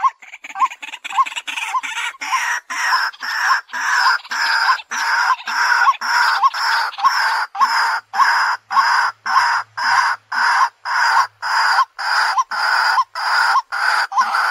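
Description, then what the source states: White-breasted waterhen call: sustained series of grating, croaking notes repeated evenly about every half second, quicker and choppier at first, then steady. Calling in the daytime.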